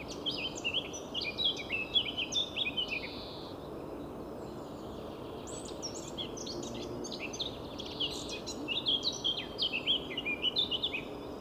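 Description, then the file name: Eurasian blackcap song: rapid, scratchy warbling phrases with quick up-and-down notes, louder at the start and end with a quieter stretch between, over a steady hiss of background noise. "Sylvia atricapilla"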